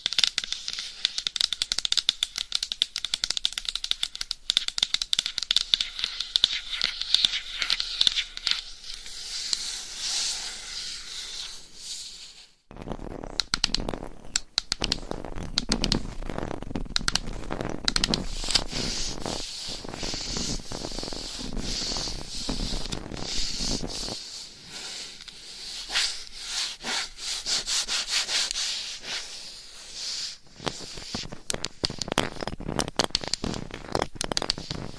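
Mic scratching, a dense, continuous rasping and crinkling texture with rapid irregular strokes and a bright hiss on top. A brief near-silent gap comes around 12 seconds, after which the scratching resumes fuller, with a deeper rumbling underneath.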